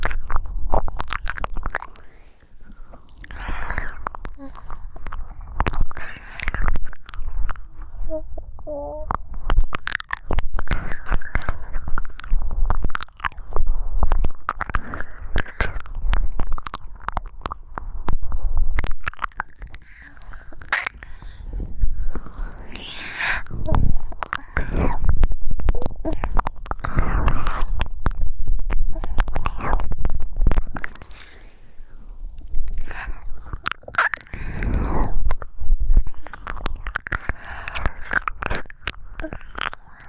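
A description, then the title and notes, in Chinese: Close, wet ear-licking and saliva sounds, dense clicks and smacks in uneven bursts over a low muffled rumble, with soft breathy swells throughout. 喘息音 深入耳髓舔耳 口水舔耳。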